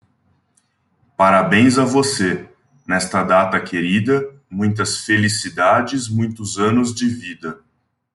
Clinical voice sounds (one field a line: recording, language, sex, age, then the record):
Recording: short text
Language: Brazilian Portuguese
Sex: male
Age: 30 to 39 years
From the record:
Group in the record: control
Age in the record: 30 years